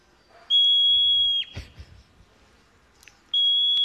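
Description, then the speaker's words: Hoary marmot giving two long, flat, piercing whistles, the first lasting about a second and the second starting near the end, with a few soft knocks between. Wild hoary marmot; call likened to a fire alarm or smoke alarm. "get us in the mood for the next discussion, we're going to play a little sound from a hoary marmot in the wild."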